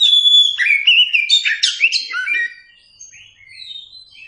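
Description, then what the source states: Oriental magpie-robin song: a loud rapid sequence of varied whistles and chirps, fading to quieter sporadic high notes. Masteran (training song recording) meant for teaching captive Kacer birds to sing.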